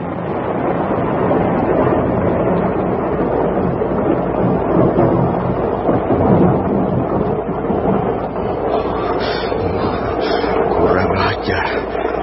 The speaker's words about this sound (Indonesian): Dan sebentar kemudian, hujan pun membasuh permukaan bumi.